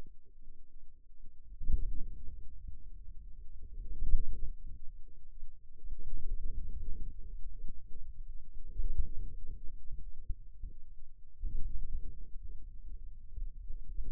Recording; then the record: forearm muscle sounds (acoustic myography)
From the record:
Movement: wrist flexion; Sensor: system 2, bracelet of six BSWA MPA416 microphones around the upper forearm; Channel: 2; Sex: male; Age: 22 years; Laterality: right